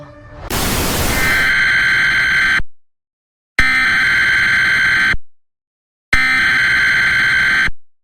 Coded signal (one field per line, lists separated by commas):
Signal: Emergency Alert System (SAME) tones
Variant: header bursts